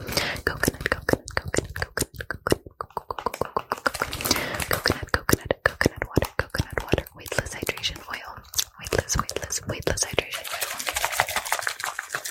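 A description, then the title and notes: Fast, aggressive ASMR with mouth sounds: a rapid, dense stream of sharp clicks and taps, several per second, crackling bright across the top. Between the clicks come brief whispery hisses and softer wet textures, and the level stays busy and uneven throughout. FAST AND AGGRESSIVE ASMR(with Mouth Sounds).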